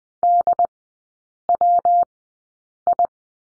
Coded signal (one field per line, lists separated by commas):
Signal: Morse code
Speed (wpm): 20 wpm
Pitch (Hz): 700 Hz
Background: none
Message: DWI